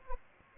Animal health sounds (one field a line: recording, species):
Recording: mosquito wingbeat signal from an infrared sensor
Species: Aedes aegypti